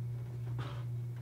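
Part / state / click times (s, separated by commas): SATA data cable into motherboard SATA port / not seated / none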